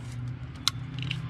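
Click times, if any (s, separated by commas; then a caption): 0.7 s. An electrical connector on a Chevy Tahoe wiring harness is pushed onto the evap vent/purge valve on the vapor canister, with a steady low hum in the background. A single sharp click at 0.7 s marks the connector snapping in and seating, followed by two faint ticks around 1.0 and 1.1 s.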